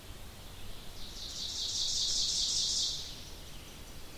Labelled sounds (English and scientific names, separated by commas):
Ovenbird (Seiurus aurocapilla) song